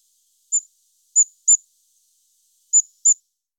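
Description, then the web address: Common firecrest giving thin, very high call notes, five short sharp tsit sounds spaced irregularly, some in quick pairs, against an otherwise silent background. "IVN Zangvogels. Vuurgoudhaantje"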